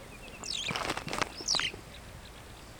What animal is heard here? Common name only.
Superb Starling